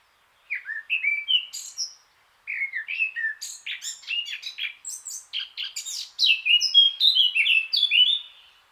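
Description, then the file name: Eurasian blackcap song: warbled phrases of varied chirps and whistles, broken by a brief pause, growing louder toward the end. "Sylvia atricapilla"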